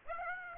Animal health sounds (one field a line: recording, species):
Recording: mosquito wingbeat signal from an infrared sensor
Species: Aedes aegypti